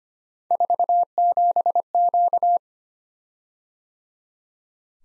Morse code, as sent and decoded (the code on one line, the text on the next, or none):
....- --... --.-
47Q